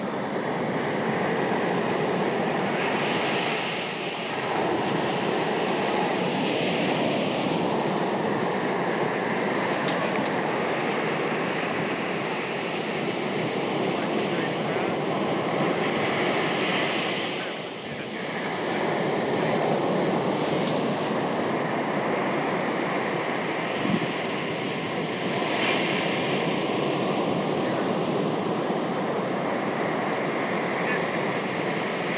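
Surf washes steadily onto a sandy beach, a dense, continuous roar filling the low and middle range. The sound swells and eases in slow waves, with brief lulls near 4 and 18 seconds, and faint brighter hiss as water spreads and drains across the sand.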